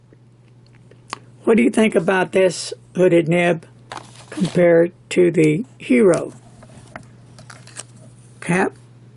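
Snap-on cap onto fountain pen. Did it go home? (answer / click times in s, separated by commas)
no / none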